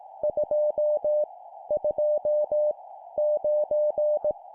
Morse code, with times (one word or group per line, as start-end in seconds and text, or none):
0.2-1.2 2
1.7-2.7 2
3.2-4.3 9